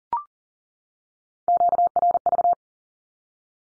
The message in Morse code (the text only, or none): QRV